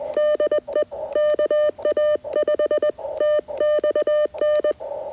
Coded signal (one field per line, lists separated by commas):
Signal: Morse code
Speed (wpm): 20 wpm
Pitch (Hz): 600 Hz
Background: none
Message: DE KA5TXN